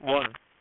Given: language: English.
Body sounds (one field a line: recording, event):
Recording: throat vibration sensor signal played as sound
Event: speech